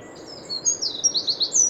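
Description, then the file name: Eurasian wren song snippet: high, piercing notes and quick repeated chips, with a light hiss in the background. "Troglodytes troglodytes"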